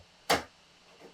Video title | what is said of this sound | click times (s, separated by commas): Getting Started with Brother's Innovis NQ3550W | until you hear the click you know it is properly secured | 0.3 s